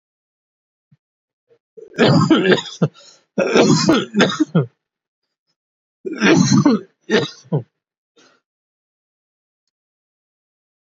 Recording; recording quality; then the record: heavy voluntary cough; excellent, no background noise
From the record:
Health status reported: COVID-19 positive, moderate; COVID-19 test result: positive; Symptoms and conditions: cough, breathing difficulty, fever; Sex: male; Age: 42 years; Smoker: not ticked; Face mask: not worn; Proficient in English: yes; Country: India